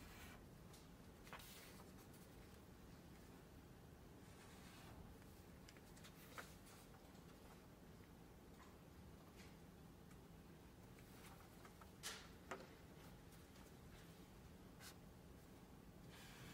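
A steady low hum fills this library recording, with a dense murmur underneath that never drops away. Brief clicks and light knocks break through now and then, clearest around six seconds and again near twelve, with a faint scrape at the end.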